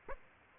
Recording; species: mosquito wingbeat signal from an infrared sensor; Aedes aegypti